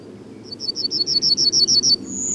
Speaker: Keltasirkku laulaa yleensä näkyvällä paikalla, usein metsän laidassa ja tien varressa.